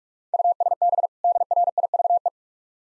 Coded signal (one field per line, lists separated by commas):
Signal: Morse code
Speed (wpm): 45 wpm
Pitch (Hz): 700 Hz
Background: none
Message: USB DRIVE